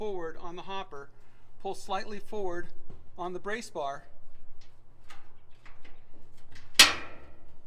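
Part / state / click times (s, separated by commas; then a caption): brace bar safety latch on a destemmer hopper clamshell / released / 6.8 s. Someone talks while pulling the hopper and the metal brace bar slightly forward on a wine destemmer, so the clamshell's safety brace bar latch disengages before the clamshell is lowered. After a few faint ticks, a single loud, sharp click at 6.8 s marks the latch clicking free and released.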